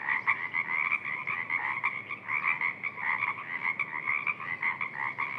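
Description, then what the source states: Pacific tree frogs calling together, a thick pulsing wall of rattling ribbit notes overlapping without pause. Many calling from a freshwater marsh under old-growth Sitka spruce and western hemlock.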